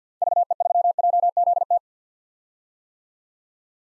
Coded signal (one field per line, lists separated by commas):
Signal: Morse code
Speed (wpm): 50 wpm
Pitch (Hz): 700 Hz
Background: none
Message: VE3JZT